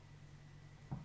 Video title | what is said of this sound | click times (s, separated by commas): ICOM IC-705 IMPORT REPEATER LIST (CSV) | you hear a click. | 0.9 s